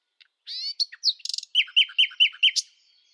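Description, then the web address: Bird song beginning with a buzzy note and quick chirps, then a rhythmic run of several evenly repeated notes. "Deverinetal 2025 File origin Bird Only"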